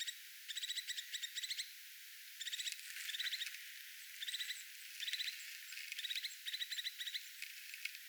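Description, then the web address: Crested tit calling in rapid stuttering trill bursts, repeated throughout, over a soft hiss. Attention or alert calling, 6 January 2025. "paivat 6 1 2025 toyhtotiaisen ilm huomioaantelya"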